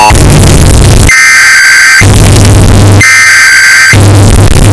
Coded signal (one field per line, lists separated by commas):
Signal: Emergency Alert System (SAME) tones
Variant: header bursts